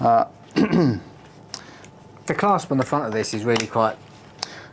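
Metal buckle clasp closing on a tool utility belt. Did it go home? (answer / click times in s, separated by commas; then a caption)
yes / 4.4 s. A man talks while fastening the all-metal front clasp of a Bosch Professional work utility tool belt around his waist. A sharp, positive metal click at 4.4 s shows the clasp has closed and seated.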